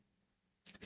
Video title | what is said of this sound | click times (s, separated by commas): 8K VR Is INSANE — This Headset Feels Unreal | I love that satisfying click that it did. | 0.7 s, 0.8 s